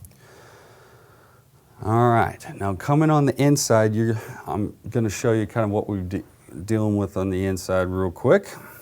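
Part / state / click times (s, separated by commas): wooden case panel into the upright piano cabinet / not seated / none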